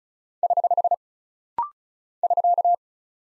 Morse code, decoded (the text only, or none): <HH> <SK>